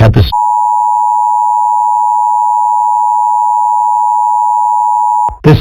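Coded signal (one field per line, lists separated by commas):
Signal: Emergency Alert System (SAME) tones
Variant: 853 and 960 Hz attention tone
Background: speech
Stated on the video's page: Fictional EAS scenario about an alien invasion.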